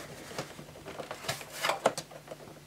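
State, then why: Not seated. A plastic part or cover is pushed one-handed into an Electrolux The Professional upright vacuum cleaner, giving repeated small knocks at about 0.4, 1.1, 1.3, 1.9 and 2.0 seconds. The part fails to go in, and nothing has seated or clicked yet.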